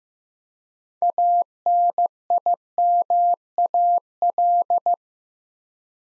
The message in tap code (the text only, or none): none